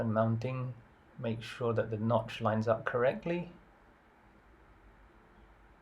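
A memory module is lined up over a motherboard DIMM slot, its notch aligned with the slot key, before being pressed in. Someone talks for about the first 3.5 seconds, and then the clip goes quiet with only faint background noise. Nothing has seated or clicked yet.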